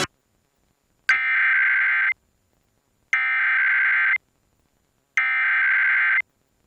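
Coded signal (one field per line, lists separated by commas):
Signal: Emergency Alert System (SAME) tones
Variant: header bursts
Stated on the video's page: EAS Required Monthly Test received off-air from 100.3 FM in Oregon on a radio.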